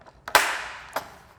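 The brittle plastic top half of a Commodore SX-64 portable computer's case, lined up from the bottom, is pressed down onto the base. A light tap comes at 0.3 s, then a sharp, bright snap at 0.4 s as its plastic latches snap home, and a softer second click follows at 1.0 s. The top case is seated in place.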